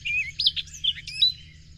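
Bird singing a quick run of high, varied chirps and short whistled slurs, with a steady low hum underneath.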